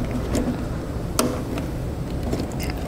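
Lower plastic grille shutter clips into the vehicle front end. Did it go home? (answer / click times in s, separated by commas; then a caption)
yes / 1.2 s. The lower plastic clips of the grille shutter assembly on a 2016 Ford Taurus are pressed into the vehicle's front end over a steady low background noise. A sharp snap at 1.2 s marks the clips seating, followed by fainter ticks around 1.6 s and 2.7 s. The grille shutter is clipped in place.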